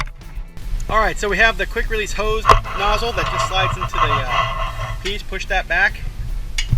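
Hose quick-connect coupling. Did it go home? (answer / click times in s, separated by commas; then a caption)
yes / 6.6 s. A quick-release hose nozzle is slid into the coupling on the end of a solar shower tube and the collar is pushed back while someone talks over background music. A single sharp snap at 6.6 seconds marks the nozzle locking into place.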